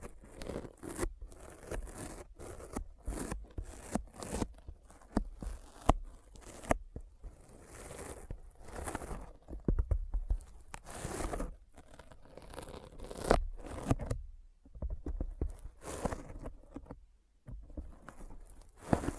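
Sticky fingers peel and smack in rapid, irregular bursts of tearing, patting sounds, with a brief quiet gap near fifteen seconds.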